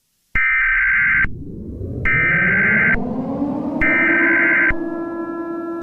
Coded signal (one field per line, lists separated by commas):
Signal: Emergency Alert System (SAME) tones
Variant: header bursts